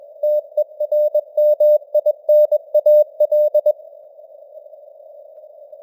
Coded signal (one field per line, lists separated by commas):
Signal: Morse code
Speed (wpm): 21 wpm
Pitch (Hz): 600 Hz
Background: none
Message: TERMINAL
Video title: Morse Code News | 2025-11-30 | 21wpm